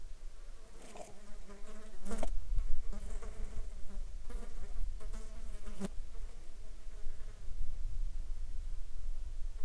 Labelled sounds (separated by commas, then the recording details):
insects
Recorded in the Arctic National Wildlife Refuge, Alaska, on 11 July 2019 at 13:36
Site 35